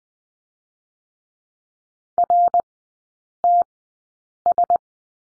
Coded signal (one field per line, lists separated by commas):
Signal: Morse code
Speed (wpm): 20 wpm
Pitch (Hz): 700 Hz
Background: none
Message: R T S